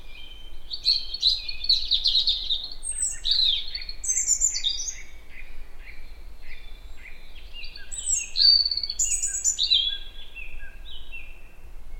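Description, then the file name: European robin warbling continuously: high, shimmering note clusters, quick descending slurs and short repeated chirps, rising again into sparkling high phrases. "Erithacus rubecula"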